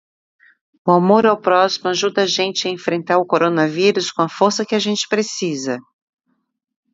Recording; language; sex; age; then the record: spoken sentence; Brazilian Portuguese; female; 50 to 59 years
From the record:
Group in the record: control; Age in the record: 56 years